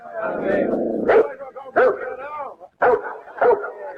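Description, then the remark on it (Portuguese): A dog named Hulk, up at a window, barks four times in short, sharp, tonal bursts spaced unevenly over a few seconds, after an opening stretch of voice-like sound. “O cachorro lá na janela.”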